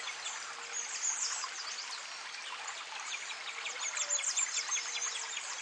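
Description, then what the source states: Bird chorus with rapid, high descending chirps in quick runs, many callers at once, and a steady trickling water sound beneath. Birds recorded by a creek in a forest setting.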